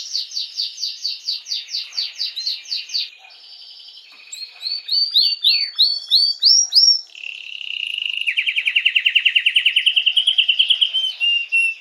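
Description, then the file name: Canary singing a rapid rattling trill, then sweeping up-and-down whistled notes, ending in a long, rapid, evenly pulsed lower trill. Belgian mosaic canary. "canto do canario belga mosaico"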